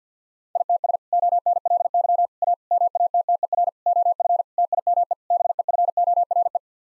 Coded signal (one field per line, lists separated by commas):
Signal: Morse code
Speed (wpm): 50 wpm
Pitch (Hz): 700 Hz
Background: none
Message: ITS ONLY A MATTER OF TIME BEFORE